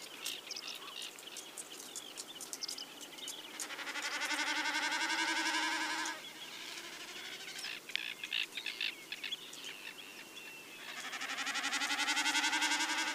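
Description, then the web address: Common snipe drumming, a pulsing bleating hum rising and fading in two long bouts of several seconds, with scattered chirps between them. Recorded in Iceland. "gcisland bekassine"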